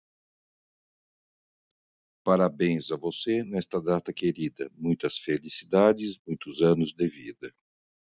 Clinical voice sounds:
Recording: short text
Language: Brazilian Portuguese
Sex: male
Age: 60 to 69 years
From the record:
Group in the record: control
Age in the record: 65 years

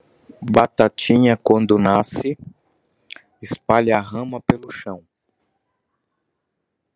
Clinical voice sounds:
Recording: short text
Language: Brazilian Portuguese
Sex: male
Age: 40 to 49 years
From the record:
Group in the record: control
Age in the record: 48 years

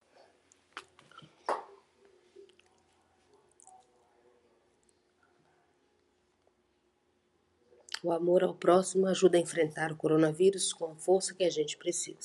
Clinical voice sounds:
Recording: spoken sentence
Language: Brazilian Portuguese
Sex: female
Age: 40 to 49 years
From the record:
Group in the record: control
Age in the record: 46 years

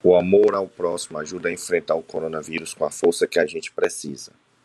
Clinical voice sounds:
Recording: spoken sentence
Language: Brazilian Portuguese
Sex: male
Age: 30 to 39 years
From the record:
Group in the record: control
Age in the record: 37 years

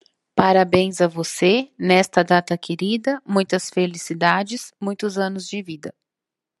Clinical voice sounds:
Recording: short text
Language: Brazilian Portuguese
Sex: female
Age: 30 to 39 years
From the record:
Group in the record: control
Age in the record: 39 years

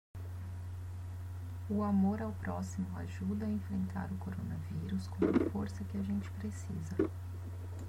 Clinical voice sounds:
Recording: spoken sentence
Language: Brazilian Portuguese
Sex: female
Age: 30 to 39 years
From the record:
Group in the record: control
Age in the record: 32 years

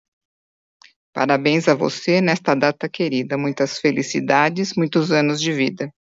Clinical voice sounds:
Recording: short text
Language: Brazilian Portuguese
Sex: female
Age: 50 to 59 years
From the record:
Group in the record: control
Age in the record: 57 years

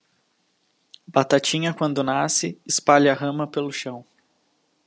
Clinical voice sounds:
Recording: short text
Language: Brazilian Portuguese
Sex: male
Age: 20 to 29 years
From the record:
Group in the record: control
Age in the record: 24 years

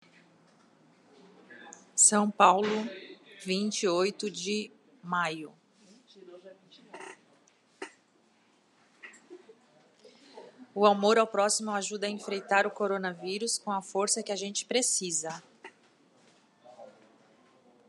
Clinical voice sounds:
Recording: spoken sentence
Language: Brazilian Portuguese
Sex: female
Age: 50 to 59 years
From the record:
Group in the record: control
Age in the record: 51 years

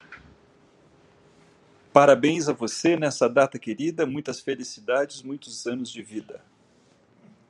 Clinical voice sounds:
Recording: short text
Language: Brazilian Portuguese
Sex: male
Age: 50 to 59 years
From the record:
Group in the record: control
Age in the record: 53 years

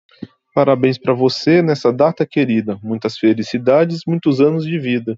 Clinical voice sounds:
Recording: short text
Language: Brazilian Portuguese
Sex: male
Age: 30 to 39 years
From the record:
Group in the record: control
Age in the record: 33 years

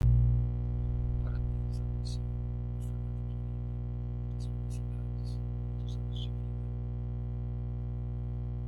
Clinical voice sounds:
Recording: short text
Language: Brazilian Portuguese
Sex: female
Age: 60 to 69 years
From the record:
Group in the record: control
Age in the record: 65 years

